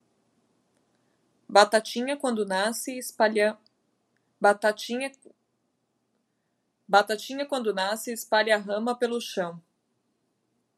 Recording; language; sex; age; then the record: short text; Brazilian Portuguese; female; 20 to 29 years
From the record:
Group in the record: control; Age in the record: 27 years